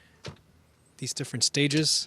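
A rear fold-out metal tray table, probably aluminium, on an SUV seatback is moved through its damped positions, and its hinge detent gives a short sharp click at about 0.3 s. Someone then talks from about 1.0 s to the end. The table clicks into its detent stages and is seated.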